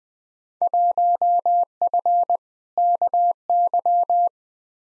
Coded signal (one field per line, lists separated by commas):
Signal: Morse code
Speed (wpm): 20 wpm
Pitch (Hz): 700 Hz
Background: none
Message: 1F KY